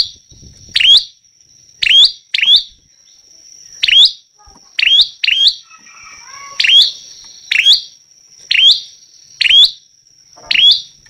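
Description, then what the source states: Prinia chirping steadily, about ten sharp, ringing notes spaced roughly a second apart, some doubled, over a continuous high whine. Vigorously singing ('gacor') prinia, recorded as a tutor track ('masteran') for training songbirds.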